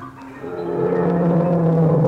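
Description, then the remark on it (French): A person imitates a lion's roar with the voice: one long, low, growling cry that swells in loudness and holds steady for about two seconds. “Oh, vous avez entendu? Un lion!”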